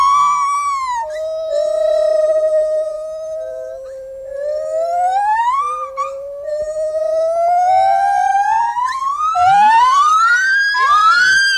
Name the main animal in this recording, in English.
Lar Gibbon